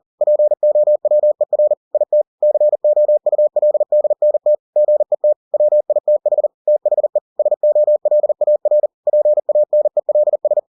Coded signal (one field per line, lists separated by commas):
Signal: Morse code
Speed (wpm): 40 wpm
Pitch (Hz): 600 Hz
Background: none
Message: POWER IT COULDNT GET WITH THE SOLAR PANELS